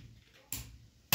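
An internal plastic part of a contactor is turned around and pressed into the contactor housing during reassembly, giving two knocks at 0.5 s and 1.1 s, the second one louder and sharper. The part sits once turned but does not set properly.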